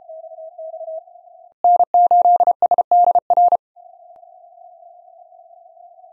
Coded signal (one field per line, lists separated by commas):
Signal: Morse code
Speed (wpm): 33 wpm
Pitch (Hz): 710 Hz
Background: none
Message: N8SDR